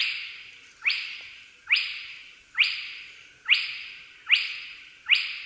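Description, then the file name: Spotted crake uttering six loud, whipping upslurred whistles, evenly spaced slightly under a second apart, each followed by a short echoing decay. "kropiatka"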